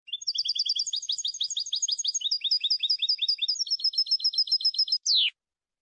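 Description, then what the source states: European goldfinch song of quick tinkling trills that change phrase type several times, ending with a sharp descending note; clean, no background sounds. Clean goldfinch song on a CD for birds to copy.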